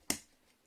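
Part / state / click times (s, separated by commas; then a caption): memory module into motherboard slot / seated / 0.1 s. A memory stick is pressed into its motherboard slot one side at a time until the plastic retention hinges snap shut. A single sharp click at 0.1 s, followed by a brief fading ring and then quiet. The module is seated, with the hinges closed on both sides.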